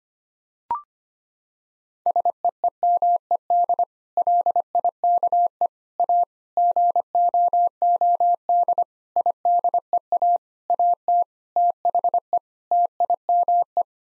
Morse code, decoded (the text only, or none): SEEMED LIKE A GOOD IDEA AT THE TIME